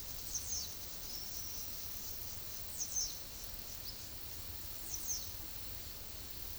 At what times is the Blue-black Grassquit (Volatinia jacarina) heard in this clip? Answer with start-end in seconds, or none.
0.20-6.59